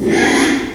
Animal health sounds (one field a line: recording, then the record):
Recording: squeal of a Yucatan mini pig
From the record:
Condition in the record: after surgery on the right vocal fold (resection and tissue-engineered implant)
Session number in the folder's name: 4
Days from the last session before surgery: 42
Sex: male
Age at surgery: 12 weeks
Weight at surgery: 13 kg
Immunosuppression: cyclosporine, prednisolone